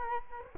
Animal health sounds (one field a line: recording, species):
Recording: mosquito wingbeat signal from an infrared sensor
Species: Culex quinquefasciatus